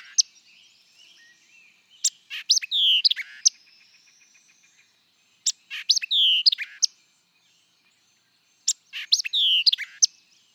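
White-eyed vireo song phrase of sharp clicks and a sliding whistle, given three times about every three to four seconds, faint soft bird notes in the gaps.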